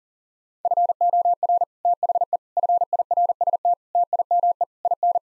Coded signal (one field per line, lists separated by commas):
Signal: Morse code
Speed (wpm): 40 wpm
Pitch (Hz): 700 Hz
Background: none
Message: FOR THE FIRST TIME IN